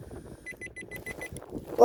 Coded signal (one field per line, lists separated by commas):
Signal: none